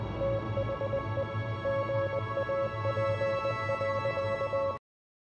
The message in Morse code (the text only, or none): THE GAP.